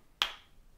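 Both thumbs press firmly on the top of a glass medication ampoule and snap its neck off, like breaking off a piece of a KitKat. A single sharp, bright snap is heard at 0.2 s, ringing briefly before fading. The top comes off and the ampoule is opened.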